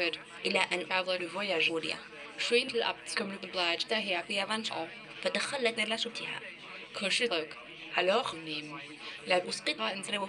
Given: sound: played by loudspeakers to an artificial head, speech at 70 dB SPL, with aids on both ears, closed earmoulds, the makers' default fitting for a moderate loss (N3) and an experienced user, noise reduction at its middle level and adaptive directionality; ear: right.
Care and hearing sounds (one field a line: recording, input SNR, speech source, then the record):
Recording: speech test signal (ISTS) in cocktail-party noise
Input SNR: +9 dB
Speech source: on the right (90 degrees)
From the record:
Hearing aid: class 2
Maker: C